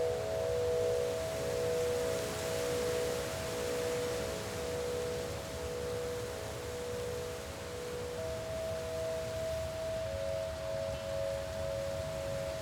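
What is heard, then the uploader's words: Wind chimes ring with steady, overlapping mid-pitched tones that sustain and shift gently, one clear tone taking over in the second half. Underneath, a soft, continuous breeze hiss and a low rumble hold an even level throughout. Open: Wind Chimes. The spacious sounds of wind chimes and soft breeze.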